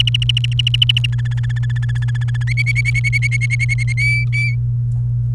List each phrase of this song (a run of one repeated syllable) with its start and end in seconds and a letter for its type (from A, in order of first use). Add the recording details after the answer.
0.00-1.06 A, 1.12-2.43 B, 2.47-3.92 C, 3.97-4.55 D. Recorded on 30 April 2018 at 08:28. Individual llb3